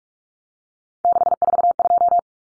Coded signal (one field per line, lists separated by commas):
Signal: Morse code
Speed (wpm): 44 wpm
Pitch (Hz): 700 Hz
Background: none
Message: 642